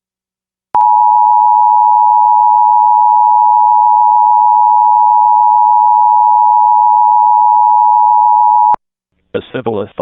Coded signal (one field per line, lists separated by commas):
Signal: Emergency Alert System (SAME) tones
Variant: 853 and 960 Hz attention tone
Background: speech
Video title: EAS #857: EAS Required Monthly Test- Aug. 7, 2023- 8:15PM PDT